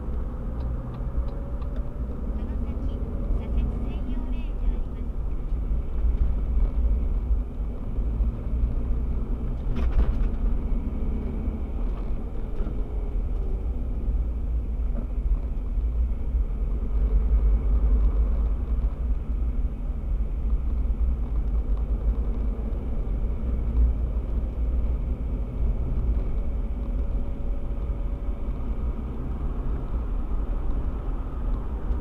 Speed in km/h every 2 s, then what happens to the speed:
24, 23, 27, 34, 43, 51, 43, 33, 35, 36, 35, 40, 43, 44, 46, 46.
0-10 speeds up to 51. 11-14 brakes to 33. 14-32 speeds up to 46.